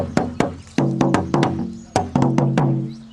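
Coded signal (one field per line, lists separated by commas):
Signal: talking drum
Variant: Akan atumpan, Asante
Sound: about a dozen resonant low drum strokes in two pitches, grouped in phrases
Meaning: When you kill 1,000, 1,000 will come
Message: You kill 1,000 will come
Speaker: So that one's saying, when you kill 1,000, 1,000 will come. Yes.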